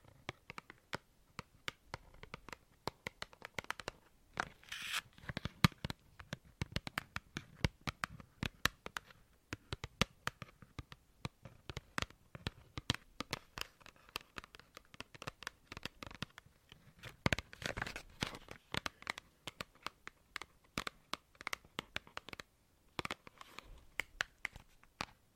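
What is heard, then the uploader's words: Intense tapping in quick, irregular bursts of sharp clicks fills the whole stretch, with brief scratchy rustles between the taps and denser clusters near the middle. ASMR INTENSE TAPPING.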